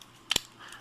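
The back section of a plastic Reveal The Shield Bumblebee transforming robot toy is shoved into the robot body, giving two sharp plastic clicks at about 0.3 and 0.4 seconds against a quiet background. The back end clicks into place and is seated.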